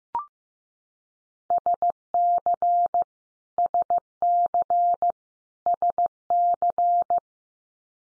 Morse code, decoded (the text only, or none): SC SC SC